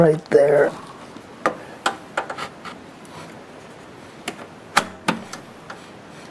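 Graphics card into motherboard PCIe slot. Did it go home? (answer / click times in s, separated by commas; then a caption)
yes / 4.8 s. A graphics card is pressed down into a motherboard's PCIe slot until the slot's plastic retention latch snaps shut at 4.8 s, seating the card. Someone talks at the start. Several other short clicks and taps come before and after the snap.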